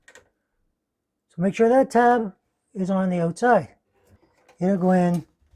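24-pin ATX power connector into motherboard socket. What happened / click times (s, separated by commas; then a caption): The power connector is being handled but has not clicked home yet / none. A plastic 24-pin ATX power connector is handled with its tab on the outside, ready to be pushed into the socket on an MSI MPG B550 Gaming Carbon WiFi motherboard. Someone talks in three bursts, with faint brief handling sounds near the start and around 4.5 s. Nothing has seated or clicked yet.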